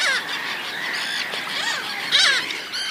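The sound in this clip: Mediterranean Gull calls: nasal rising-and-falling yelps repeated a few times over a noisy background.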